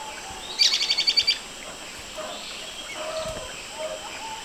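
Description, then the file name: Bird trill: a rapid run of sharp, high chirping notes lasting under a second, followed by faint scattered sounds over steady hiss. "SABIOD 50 bird 2015"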